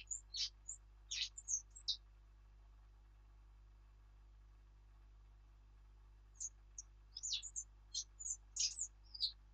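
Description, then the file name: Eurasian blackcap giving high, thin chirping notes in two scattered bursts with a quiet gap between, over a faint steady hum. "Sylvia atricapilla"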